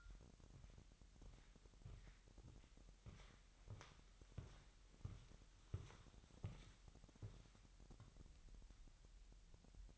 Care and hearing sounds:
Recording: daily activity, microphone in the room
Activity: walk to room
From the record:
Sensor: 3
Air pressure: 1001.9 hPa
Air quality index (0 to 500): 246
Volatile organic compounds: 48 ppm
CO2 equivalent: 3272 ppm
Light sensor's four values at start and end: 8/20/8/8 and 7/18/7/7

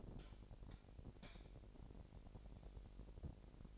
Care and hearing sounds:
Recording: daily activity, microphone in the room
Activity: light on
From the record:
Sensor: 5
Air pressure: 1012.0 hPa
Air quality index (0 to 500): 248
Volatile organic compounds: 4 ppm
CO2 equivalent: 1671 ppm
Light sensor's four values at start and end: 38/89/37/39 and 40/94/39/41

